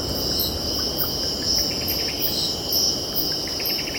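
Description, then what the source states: Cicadas sustaining a high, even drone with rhythmic pulses, faint bird chirps in short runs, and a gentle rushing background like waves. Cicadas stridulating, with birds calling and distant ocean in background.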